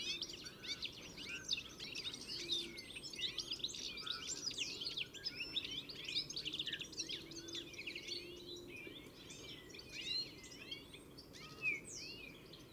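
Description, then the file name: European goldfinch flock twittering, a dense, continuous mix of high, quick chirps and short tinkling notes overlapping throughout, with a faint low hum beneath. "Carduelis carduelis"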